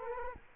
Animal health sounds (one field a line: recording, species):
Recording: mosquito wingbeat signal from an infrared sensor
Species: Culex quinquefasciatus